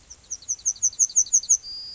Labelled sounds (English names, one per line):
Yellowhammer song